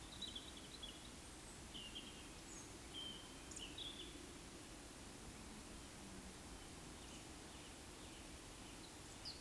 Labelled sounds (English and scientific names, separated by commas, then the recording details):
Eurasian Woodcock (Scolopax rusticola) whistle
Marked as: whistle, whistle, whistle, whistle
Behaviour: display flight
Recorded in Baden-Württemberg, Germany, on 13 June 2021 at 19:55 UTC
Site 23718, 552 m above sea level